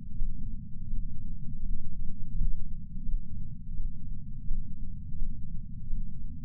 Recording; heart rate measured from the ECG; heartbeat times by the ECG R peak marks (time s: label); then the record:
heart sounds by patch sensor on the chest; 84 bpm
0.16 s: heartbeat
0.88 s: heartbeat
1.60 s: heartbeat
2.32 s: heartbeat
3.03 s: heartbeat
3.74 s: heartbeat
4.45 s: heartbeat
5.16 s: heartbeat
5.88 s: heartbeat
From the record:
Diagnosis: coronary artery disease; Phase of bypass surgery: postoperative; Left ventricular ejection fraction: 68.7%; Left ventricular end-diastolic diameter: 42 mm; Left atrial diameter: 41 mm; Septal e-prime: 3.9 cm/s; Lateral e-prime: 4.9 cm/s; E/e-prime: 19.8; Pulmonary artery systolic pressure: 30 mmHg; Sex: female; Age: 73 years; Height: 160 cm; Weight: 70 kg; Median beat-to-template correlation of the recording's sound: 0.85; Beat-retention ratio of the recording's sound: 0.98